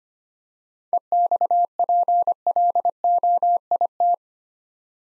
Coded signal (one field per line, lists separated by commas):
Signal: Morse code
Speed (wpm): 25 wpm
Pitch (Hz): 700 Hz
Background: none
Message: EXPLOIT